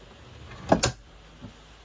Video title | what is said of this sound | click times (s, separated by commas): How to use avtex TV | And then you just want to push the TV back in and you hear it click so you know it's secure for traveling. | 0.7 s, 0.8 s